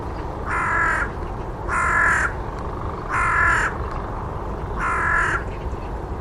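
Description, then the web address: Bird giving four harsh, cawing calls, each about half a second long and spaced roughly every 1.4 seconds, over a steady low rumble. "cianscape. Deverinetal 2025. Bird Only"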